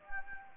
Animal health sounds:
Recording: mosquito wingbeat signal from an infrared sensor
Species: Anopheles gambiae

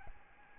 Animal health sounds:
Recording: mosquito wingbeat signal from an infrared sensor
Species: Aedes albopictus

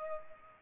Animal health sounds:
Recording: mosquito wingbeat signal from an infrared sensor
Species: Culex pipiens

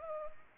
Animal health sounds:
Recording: mosquito wingbeat signal from an infrared sensor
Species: Culex pipiens

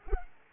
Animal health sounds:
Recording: mosquito wingbeat signal from an infrared sensor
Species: Culex quinquefasciatus

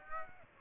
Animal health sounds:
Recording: mosquito wingbeat signal from an infrared sensor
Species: Aedes aegypti

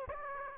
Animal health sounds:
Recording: mosquito wingbeat signal from an infrared sensor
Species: Aedes aegypti

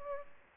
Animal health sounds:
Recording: mosquito wingbeat signal from an infrared sensor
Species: Culex pipiens

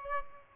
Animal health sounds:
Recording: mosquito wingbeat signal from an infrared sensor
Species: Aedes aegypti

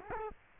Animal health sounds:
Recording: mosquito wingbeat signal from an infrared sensor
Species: Culex quinquefasciatus

